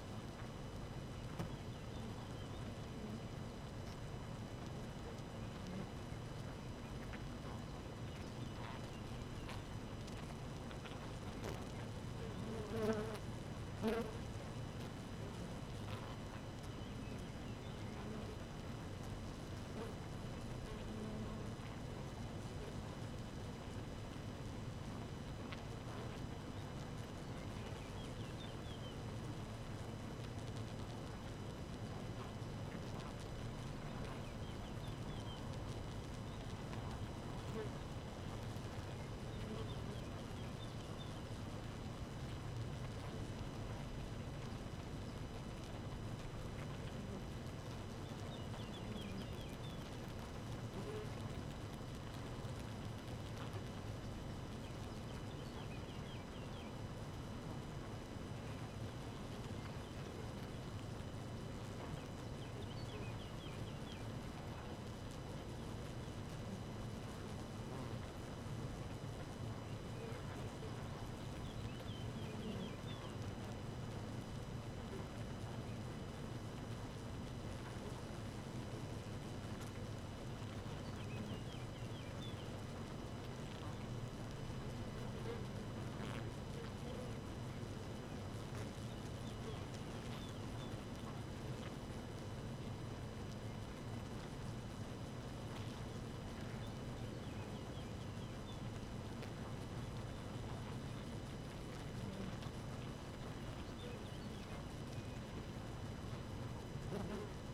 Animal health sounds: honeybee colony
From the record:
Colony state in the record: active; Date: 12 June 2018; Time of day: 4:52

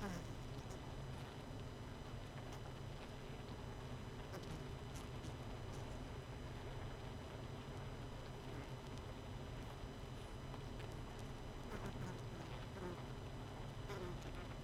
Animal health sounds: honeybee colony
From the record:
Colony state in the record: missing queen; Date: 31 May 2018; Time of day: 21:44

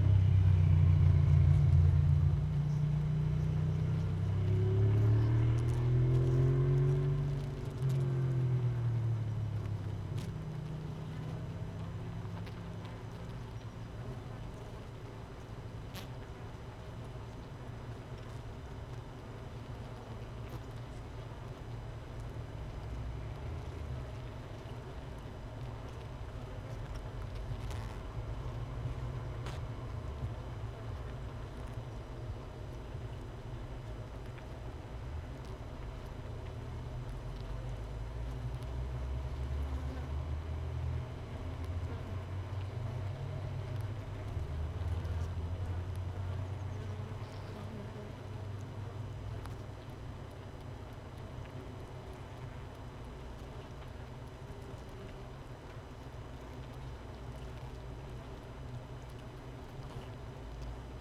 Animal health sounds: honeybee colony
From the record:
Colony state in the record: missing queen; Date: 31 May 2018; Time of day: 13:52

